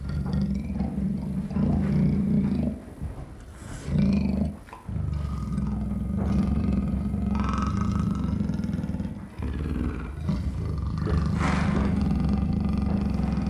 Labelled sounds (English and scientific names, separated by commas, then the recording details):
Leopard (Panthera pardus)
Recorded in captivity
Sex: pair
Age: adult
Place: Tierpark Berlin, Berlin, DE
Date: 1963-02-09 17:00
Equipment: Minifon, Kopie Smaragd
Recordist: Tembrock, Günter